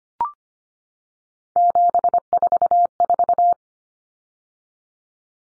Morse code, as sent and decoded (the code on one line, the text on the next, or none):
--... ....- ....-
744